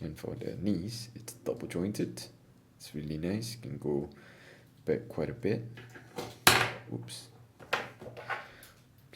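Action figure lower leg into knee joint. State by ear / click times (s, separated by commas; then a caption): seated / 7.7 s. Someone talks while posing an S.H.Figuarts action figure; its plastic lower leg comes off the knee joint and is pushed back onto the joint. After a loud sharp sound around 6.5 s, the lower leg clicks back into place at 7.7 s, seated in the knee joint.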